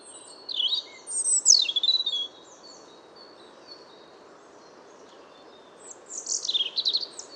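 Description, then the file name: European robin singing: a rich, high phrase of piercing slides and trills, then silence for roughly four seconds before another tinkling warbled phrase, with faint background hiss. "Erithacus rubecula"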